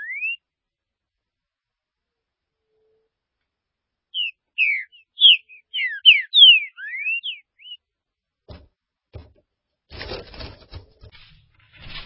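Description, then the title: Green-winged saltator song: one rising whistle, then a rapid phrase of slurred whistled notes ending on an upward slide, followed by rustling noise. "Trinca Ferro"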